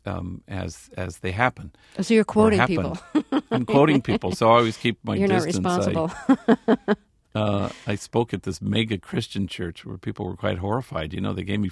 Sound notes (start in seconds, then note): 2.5 soundbite of laughter; 6.2 soundbite of laughter